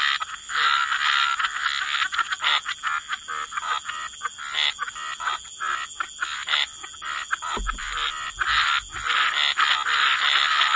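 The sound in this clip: Frog chorus of layered, harmonic croaks and rapid pulsed notes, a brief low thump near the end, over a constant high-pitched hiss.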